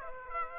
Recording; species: mosquito wingbeat signal from an infrared sensor; Aedes aegypti